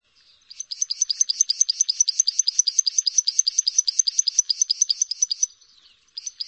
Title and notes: Suara Kicau Burung Prenjak Lengkap dan Ngerol